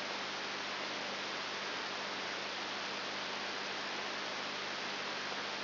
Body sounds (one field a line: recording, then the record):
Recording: brain microelectrode recording played as sound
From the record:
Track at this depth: outside the subthalamic nucleus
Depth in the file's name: 6.5 mm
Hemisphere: left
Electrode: 3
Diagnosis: Parkinson's disease